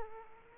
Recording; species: mosquito wingbeat signal from an infrared sensor; Aedes aegypti